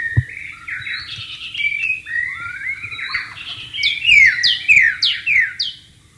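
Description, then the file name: White-rumped shama song: loud, rich whistled phrases that shift pitch, ending in a series of bright down-slurred notes. "suara burung murai batu di alam liar"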